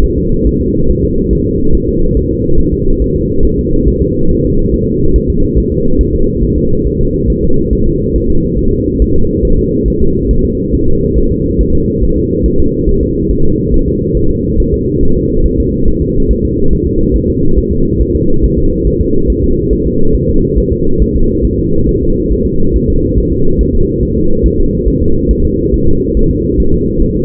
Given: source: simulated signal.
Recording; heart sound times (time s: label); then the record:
fetal heart sounds
0.04 s: S1
0.18 s: S2
0.47 s: S1
0.61 s: S2
0.90 s: S1
1.04 s: S2
1.33 s: S1
1.47 s: S2
1.75 s: S1
1.89 s: S2
2.17 s: S1
2.31 s: S2
2.60 s: S1
2.73 s: S2
3.02 s: S1
3.16 s: S2
3.45 s: S1
3.59 s: S2
3.88 s: S1
4.02 s: S2
4.31 s: S1
4.45 s: S2
4.74 s: S1
4.88 s: S2
5.16 s: S1
5.30 s: S2
5.58 s: S1
5.72 s: S2
6.01 s: S1
6.15 s: S2
6.43 s: S1
6.58 s: S2
6.87 s: S1
7.01 s: S2
7.30 s: S1
7.44 s: S2
7.73 s: S1
7.87 s: S2
8.16 s: S1
8.30 s: S2
8.59 s: S1
8.73 s: S2
9.02 s: S1
9.16 s: S2
9.45 s: S1
9.59 s: S2
9.88 s: S1
10.02 s: S2
10.31 s: S1
10.45 s: S2
10.74 s: S1
10.88 s: S2
11.18 s: S1
11.32 s: S2
11.61 s: S1
11.75 s: S2
12.04 s: S1
12.18 s: S2
12.46 s: S1
12.60 s: S2
12.89 s: S1
13.03 s: S2
13.31 s: S1
13.45 s: S2
13.74 s: S1
13.88 s: S2
14.17 s: S1
14.31 s: S2
14.60 s: S1
14.74 s: S2
15.03 s: S1
15.17 s: S2
15.46 s: S1
15.60 s: S2
15.88 s: S1
16.02 s: S2
16.31 s: S1
16.45 s: S2
16.73 s: S1
16.87 s: S2
17.16 s: S1
17.30 s: S2
17.59 s: S1
17.73 s: S2
18.01 s: S1
18.16 s: S2
18.44 s: S1
18.59 s: S2
18.87 s: S1
19.01 s: S2
19.30 s: S1
19.44 s: S2
19.73 s: S1
19.87 s: S2
20.15 s: S1
20.29 s: S2
20.58 s: S1
20.72 s: S2
21.02 s: S1
21.16 s: S2
21.45 s: S1
21.59 s: S2
21.89 s: S1
22.03 s: S2
22.32 s: S1
22.46 s: S2
22.76 s: S1
22.90 s: S2
23.18 s: S1
23.32 s: S2
23.61 s: S1
23.75 s: S2
24.03 s: S1
24.17 s: S2
24.46 s: S1
24.60 s: S2
24.88 s: S1
25.02 s: S2
25.31 s: S1
25.45 s: S2
25.74 s: S1
25.88 s: S2
26.17 s: S1
26.31 s: S2
26.60 s: S1
26.74 s: S2
27.02 s: S1
27.16 s: S2
From the record:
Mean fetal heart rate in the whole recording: 140 bpm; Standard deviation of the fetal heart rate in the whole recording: 2 bpm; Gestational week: 34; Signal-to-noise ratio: -17.7 dB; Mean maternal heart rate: 72 bpm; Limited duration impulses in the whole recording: present